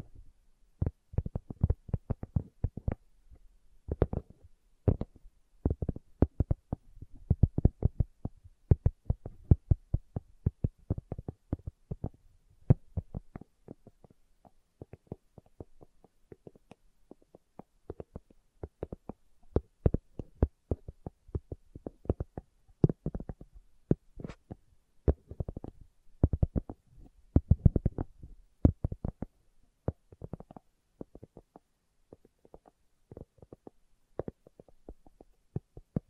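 Slow tapping runs through the whole stretch as a steady series of short, dull knocks, mostly low and thumping with a little brighter edge on some hits. The taps come in loose clusters, irregular in spacing, with brief quiet gaps between groups.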